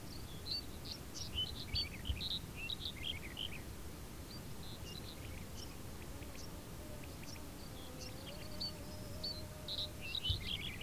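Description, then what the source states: Birds twittering and chirping in a lively cluster, thinning out midway, while a faint steady tone rises slightly in the background; low rumble throughout. Field ambience with birds.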